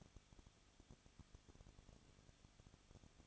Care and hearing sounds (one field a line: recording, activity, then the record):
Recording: daily activity, microphone in the room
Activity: no activity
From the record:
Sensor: 4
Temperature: 23.0 degrees Celsius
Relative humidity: 34.2%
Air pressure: 1007.2 hPa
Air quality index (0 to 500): 213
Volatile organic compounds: 14 ppm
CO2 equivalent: 2457 ppm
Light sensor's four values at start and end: 2/3/1/1 and 2/3/1/1